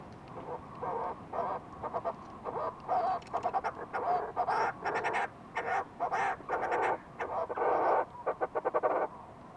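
Fulmar prion gruff call sequence: rasping notes with rapid stuttering pulses.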